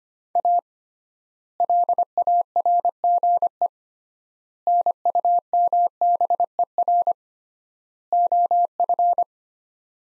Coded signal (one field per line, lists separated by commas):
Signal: Morse code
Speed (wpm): 25 wpm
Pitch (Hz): 700 Hz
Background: none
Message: A LARGE NUMBER OF